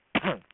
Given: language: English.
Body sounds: throat vibration sensor signal played as sound; cough

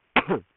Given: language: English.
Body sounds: throat vibration sensor signal played as sound; cough

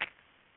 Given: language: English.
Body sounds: throat vibration sensor signal played as sound; swallow

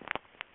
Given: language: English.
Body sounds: throat vibration sensor signal played as sound; swallow

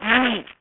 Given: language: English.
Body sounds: throat vibration sensor signal played as sound; throat clearing

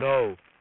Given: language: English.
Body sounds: throat vibration sensor signal played as sound; speech

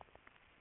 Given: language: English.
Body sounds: throat vibration sensor signal played as sound; swallow

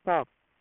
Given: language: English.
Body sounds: throat vibration sensor signal played as sound; speech

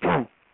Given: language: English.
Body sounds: throat vibration sensor signal played as sound; throat clearing

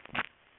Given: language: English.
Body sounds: throat vibration sensor signal played as sound; swallow

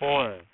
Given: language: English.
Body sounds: throat vibration sensor signal played as sound; speech

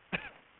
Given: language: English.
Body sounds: throat vibration sensor signal played as sound; cough

